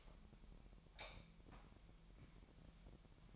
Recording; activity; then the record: daily activity, microphone in the room; light off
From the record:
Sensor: 1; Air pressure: 1012.0 hPa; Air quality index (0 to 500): 236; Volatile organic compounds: 6 ppm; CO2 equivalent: 1879 ppm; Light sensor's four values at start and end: 14/41/16/17 and 11/26/10/12